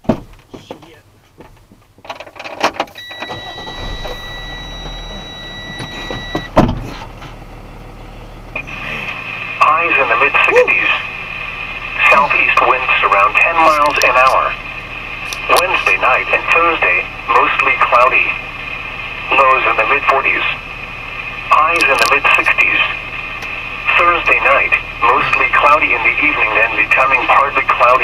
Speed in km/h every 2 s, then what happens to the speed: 0, 0, 1, 0, 0, 0, 0, 0, 0, 0, 0, 0, 0, 0.
0-28 standing.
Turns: none.